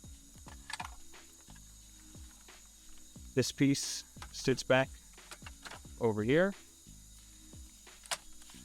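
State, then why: Seated. A plastic center console trim piece is set back into position in a 2022 Chevy Tahoe's center console and pressed until it clips in. Someone talks over low music-like tones, with a few light clicks and handling sounds along the way. A single sharp snap at 8.1 s marks the trim panel seating in place.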